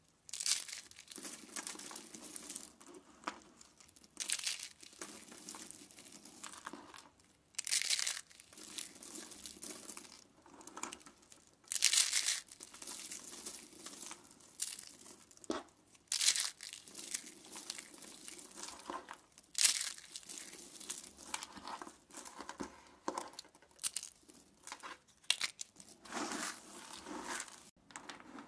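Soap is crushed and crumbled, a steady run of dry crinkling and crunching. Louder squeezes burst out every few seconds, bright and hissy, between softer continuous grinding with brief pauses.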